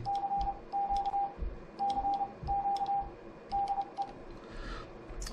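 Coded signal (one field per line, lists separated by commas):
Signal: Morse code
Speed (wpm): 30 wpm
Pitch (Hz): 800 Hz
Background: radio noise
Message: CQ CQ DE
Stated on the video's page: CW sent with iambic paddles, a Begali Simplex Basic and an American Morse Equipment Porta Paddle.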